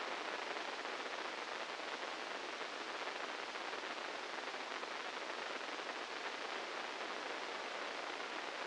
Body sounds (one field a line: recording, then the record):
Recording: brain microelectrode recording played as sound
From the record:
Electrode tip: inside the subthalamic nucleus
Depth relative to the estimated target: -4 mm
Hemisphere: right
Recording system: NeuroSet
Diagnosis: Parkinson's disease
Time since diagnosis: 15 years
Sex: female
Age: 59 years